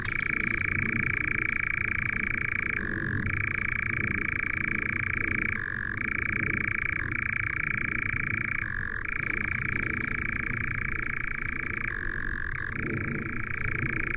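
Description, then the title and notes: European nightjar churring without pause, a steady buzzing trill that shifts down to a deeper note about every three seconds. "Lyden av en nattravn by forskningno"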